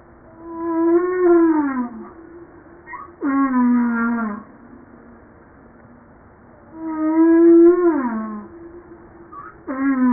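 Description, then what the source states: Humpback whale song: long harmonic moans, some rising then falling, others only falling, spaced a few seconds apart. Recorded 5 March 1994, 09:52.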